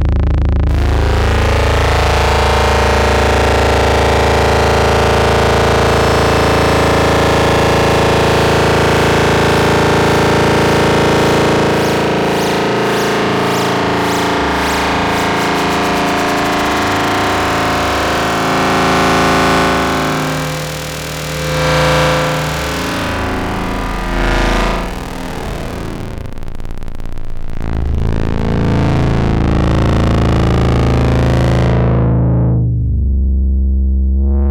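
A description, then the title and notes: A thick, loud synthetic drone fills the whole range, with steady low tones under a dense, gritty texture. Around the middle it begins to pulse and flutter rhythmically, then grows rougher with sweeping bursts before thinning out near the end. This track aimed to go from a simple sine wave to textured soundscapes and rhythmic noise.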